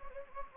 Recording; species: mosquito wingbeat signal from an infrared sensor; Anopheles gambiae